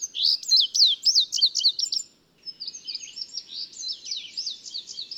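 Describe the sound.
Bird song: fast series of high, downward-sweeping chirps, a brief pause, then more rapid twittering trills, all quite high-pitched.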